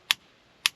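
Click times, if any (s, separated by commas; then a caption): 0.1 s, 0.7 s. A removable plastic hanging hook is fitted into the groove of a Fitespot portable shower system's shower head housing. Two sharp, bright plastic clicks sound at 0.1 s and 0.7 s over a quiet background. The hook snaps and locks in, seated.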